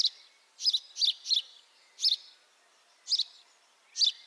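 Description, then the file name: House sparrow chirps, a triple burst followed by single and paired chirps spaced about a second apart, clear against quiet background. "Passer domesticus"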